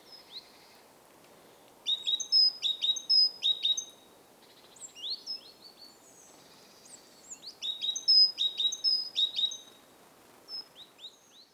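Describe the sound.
Great tit singing bursts of ringing two-note whistles, repeated several times per phrase, with pauses between phrases and a few softer, thinner notes.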